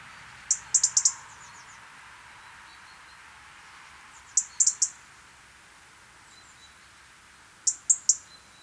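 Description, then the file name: European robin calls, sharp high ticking notes in short clusters of three to five, repeated roughly every three to four seconds, over a low hiss. "Erithacus rubecula"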